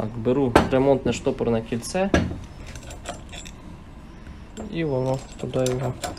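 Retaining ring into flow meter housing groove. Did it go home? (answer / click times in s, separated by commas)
no / none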